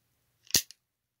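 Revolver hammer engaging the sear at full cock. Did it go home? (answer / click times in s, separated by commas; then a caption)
yes / 0.6 s. After a mainspring modification, the hammer of an Uberti 1862 Pocket Navy black-powder pocket revolver is drawn back until the sear catches at full cock. A few faint ticks lead into a sharp, definitive click at 0.6 s as the hammer locks in place, followed by a smaller tick at 0.7 s. The hammer is confirmed seated at full cock.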